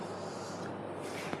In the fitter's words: You'll hear hear a click sound.